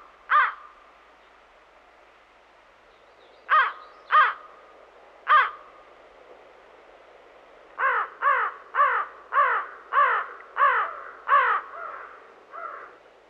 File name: Digiffects Sound Effects Library - American Crow Call